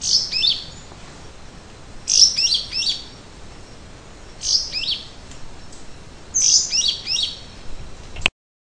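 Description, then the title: Yellow-green grosbeak singing four phrases of quick, high sliding whistles. "LuckyPassaro Completos2Sama. Yellow-green Grosbeak (Caryothraustes canadensis)"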